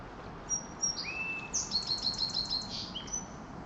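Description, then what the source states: Sparrow singing high thin whistles, a lower slurred note, then a quick series of repeated sharp notes and a few short whistles, above soft background noise. Distant sparrow singing near ocean shores.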